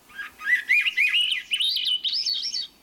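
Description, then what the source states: Swainson's thrush song: a flowing, flute-like series of short notes rising in spirals to a high, thinning finish. Full song, which spirals upward in pitch; reedy or flute-like.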